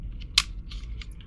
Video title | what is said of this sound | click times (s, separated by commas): Playmates STAR TREK DK Tahg Knife As Seen in Star Trek TV Shows and Movies (1997) | clicks into place just like that. | 0.4 s